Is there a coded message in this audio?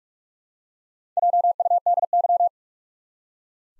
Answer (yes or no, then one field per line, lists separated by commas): yes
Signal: Morse code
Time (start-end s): 1.2-2.5 s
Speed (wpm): 46 wpm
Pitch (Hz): 700 Hz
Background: none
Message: JUDY